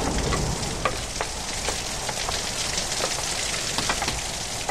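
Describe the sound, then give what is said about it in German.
Heavy storm rain with storm gusts sweeping through a street at a bus stop on Wiltshire Boulevard pours down in a dense, steady hiss, with sharp drips and spatters crackling through it at irregular moments. No voices are heard. “Sturmböen fegten durch die Straße und trieben Bob weiter unter das Dach der Haltestelle zurück, wo eine junge Frau ebenfalls Schutz vor Wind und Regen suchte.”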